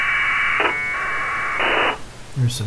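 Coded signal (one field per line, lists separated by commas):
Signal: packet radio (AX.25, as in APRS)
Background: speech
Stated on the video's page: APRS packet radio received on HF.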